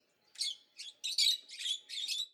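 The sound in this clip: Bird chirping: five quick, bright bursts of high twittering notes in about two seconds, each burst short and scratchy, with brief silent gaps between them.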